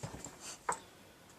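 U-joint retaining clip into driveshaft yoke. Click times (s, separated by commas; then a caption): 0.7 s. A U-joint retaining clip is pressed into its groove on one side of a steel driveshaft yoke during a driveshaft rebuild. After some light handling noise, a small tick comes at 0.2 s, and a sharp, bright snap at 0.7 s shows the clip seating in the yoke. The clip is confirmed seated.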